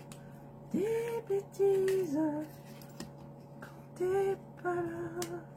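A piece of a miniature dollhouse candy-market kit is handled near its slot in the dollhouse frame while music with singing plays and someone talks. Brief soft ticks come at about 0.1, 3.0 and 3.6 seconds. Nothing has seated or clicked into place yet.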